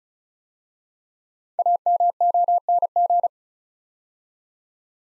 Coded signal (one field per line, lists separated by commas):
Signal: Morse code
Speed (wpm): 36 wpm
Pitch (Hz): 700 Hz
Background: none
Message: AMONG